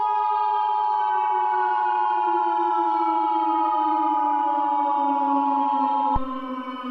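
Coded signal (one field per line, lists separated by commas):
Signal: Emergency Alert System (SAME) tones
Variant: 853 and 960 Hz attention tone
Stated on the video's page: Fictional scenario.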